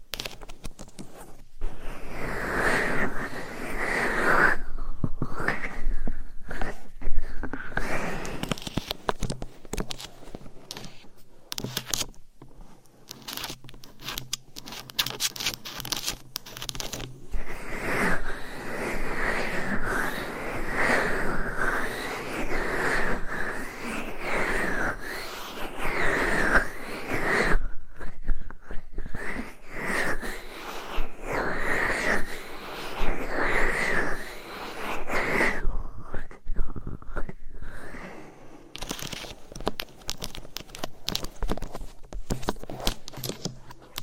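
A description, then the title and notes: Dense, scratchy rubbing on a microphone fills most of the clip, a bright rasping texture with rhythmic strokes. The scratching thins out and nearly stops around 12 to 17 seconds, then returns fuller, with brief pauses near 28 and 36 seconds. No Talking. Mic Scratching.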